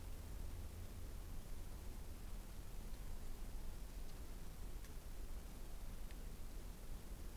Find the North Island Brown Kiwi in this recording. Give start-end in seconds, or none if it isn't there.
none